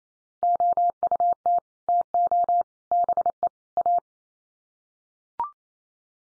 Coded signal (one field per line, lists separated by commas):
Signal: Morse code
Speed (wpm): 28 wpm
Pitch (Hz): 700 Hz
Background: none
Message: OUT TO BE A